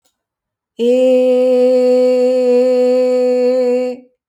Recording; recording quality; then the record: sustained vowel as in made; excellent, no background noise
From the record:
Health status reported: healthy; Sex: female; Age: 28 years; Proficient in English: yes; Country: France